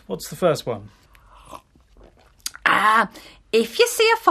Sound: slurps tea